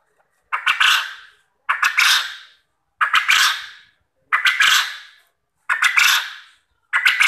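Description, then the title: Quail giving six rough, buzzy bursts at a steady rhythm, each lasting under a second with a clicking onset, spaced roughly 1.3 seconds apart. Quail call used as a lure to make quail answer and call vigorously. "Burung Puyuh Mana Yang Tidak Nyaut Dan Gacor Dengan Pancingan Ini"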